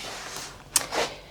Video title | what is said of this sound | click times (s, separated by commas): RB30E SPARK PLUG REPLACEMENT - STRIPPED IN THE CYLINDER HEAD?? | They do kind of make like a little click noise when they go on. | 0.8 s